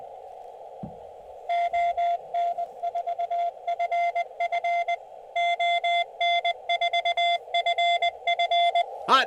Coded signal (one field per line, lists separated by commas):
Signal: Morse code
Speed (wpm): 20 wpm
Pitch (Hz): 690 Hz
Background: speech, radio noise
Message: ON4FF ON4FF